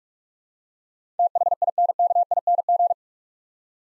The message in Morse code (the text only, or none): THINKING